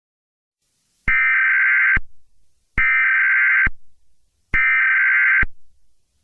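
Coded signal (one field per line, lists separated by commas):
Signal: Emergency Alert System (SAME) tones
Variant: header bursts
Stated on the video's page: National EAS test interrupting a cartoon broadcast.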